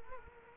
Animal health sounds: mosquito wingbeat signal from an infrared sensor; Culex quinquefasciatus

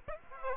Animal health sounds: mosquito wingbeat signal from an infrared sensor; Aedes aegypti

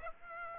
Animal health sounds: mosquito wingbeat signal from an infrared sensor; Aedes aegypti

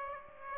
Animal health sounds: mosquito wingbeat signal from an infrared sensor; Aedes aegypti

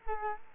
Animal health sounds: mosquito wingbeat signal from an infrared sensor; Culex quinquefasciatus

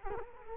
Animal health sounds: mosquito wingbeat signal from an infrared sensor; Culex quinquefasciatus

